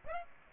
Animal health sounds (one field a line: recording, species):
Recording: mosquito wingbeat signal from an infrared sensor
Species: Aedes aegypti